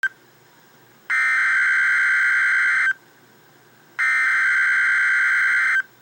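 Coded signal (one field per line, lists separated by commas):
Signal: Emergency Alert System (SAME) tones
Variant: header bursts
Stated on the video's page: Real EAS broadcast for a severe thunderstorm watch.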